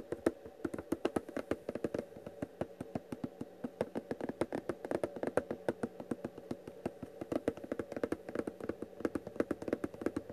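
Quick fingertip tapping runs through the whole ten seconds in dense, slightly irregular bursts, several taps per second. Each tap is a short crisp click with a hollow, wooden-sounding body in the low mids. Underneath sits a faint steady hum.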